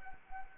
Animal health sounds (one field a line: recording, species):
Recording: mosquito wingbeat signal from an infrared sensor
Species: Anopheles arabiensis